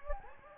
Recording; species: mosquito wingbeat signal from an infrared sensor; Anopheles gambiae